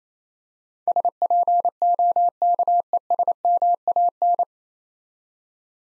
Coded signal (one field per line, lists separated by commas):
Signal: Morse code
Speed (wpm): 28 wpm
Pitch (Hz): 700 Hz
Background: none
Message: SPOKESMAN